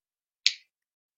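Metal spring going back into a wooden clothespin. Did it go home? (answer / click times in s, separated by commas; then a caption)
yes / 0.5 s. While repairing a broken wooden clothespin, the metal spring is pushed back into position between the two halves and gives a single sharp, bright snap at 0.5 s that fades within about two tenths of a second. The spring clicks back into place, and the rest of the clip is silent.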